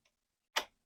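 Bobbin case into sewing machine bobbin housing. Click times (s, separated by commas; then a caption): 0.6 s. A threaded bobbin case is pushed into a sewing machine's bobbin housing. After a faint tick near the start, a single sharp, bright click rings out at 0.6 s and quickly fades. The bobbin case is seated in the housing.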